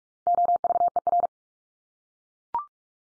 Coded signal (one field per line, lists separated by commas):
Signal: Morse code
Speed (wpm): 44 wpm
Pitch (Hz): 700 Hz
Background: none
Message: OVER